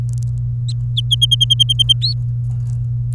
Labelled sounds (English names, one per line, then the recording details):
Domestic Canary song
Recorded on 24 April 2018 at 11:22
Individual llb3